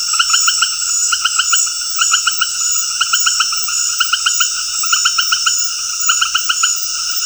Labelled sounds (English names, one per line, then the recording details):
none
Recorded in dense forest near Puerto Asís, Putumayo, Colombia, on 20 February 2024 at 20:00
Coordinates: 0.485, -76.325
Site G6429